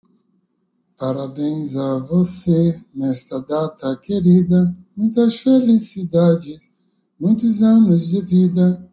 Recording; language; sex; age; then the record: short text; Brazilian Portuguese; male; 50 to 59 years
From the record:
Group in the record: control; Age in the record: 58 years